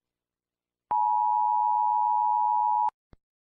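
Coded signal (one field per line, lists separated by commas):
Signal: Emergency Alert System (SAME) tones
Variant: 853 and 960 Hz attention tone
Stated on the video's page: Fictional scenario alert using tones with sound effects from online sources, not a real broadcast.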